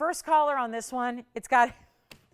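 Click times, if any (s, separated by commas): 2.1 s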